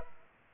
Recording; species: mosquito wingbeat signal from an infrared sensor; Culex pipiens